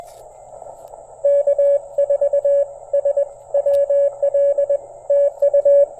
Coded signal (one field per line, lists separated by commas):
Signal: Morse code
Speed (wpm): 21 wpm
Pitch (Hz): 560 Hz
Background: none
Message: K4SWL TU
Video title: Labor Day Weekend POTA: QRP DX from Jordan Lake Educational State Forest!